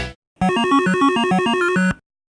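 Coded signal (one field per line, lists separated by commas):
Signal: none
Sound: comedic music sound effect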